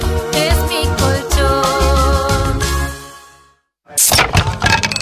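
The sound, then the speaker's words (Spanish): Upbeat music plays, fades out into a brief silence, then a loud, sharp splintering crack of a table edge breaking off, followed by a short rattle of debris. “Rompiste el borde de la mesa, pero había sed de Brahma.”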